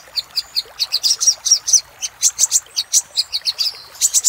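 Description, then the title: Little spiderhunter song: sharp high chirps given in loose rapid clusters, the pace varying slightly throughout, with short pauses between bursts. Master recording made for training cage birds, labelled 'Labaik'. "Masteran Burung Sogok Ontong Labaik"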